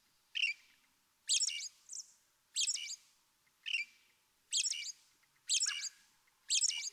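American robin song: short, bright warbled phrases spaced about a second apart, some with high squeaky notes, in an otherwise quiet background.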